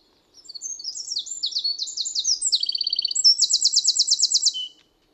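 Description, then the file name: Eurasian wren singing: a loud four-second cascade of very high, rapid notes and trills, including a fast machine-gun rattle near the end, then silence. "Troglodytes troglodytes"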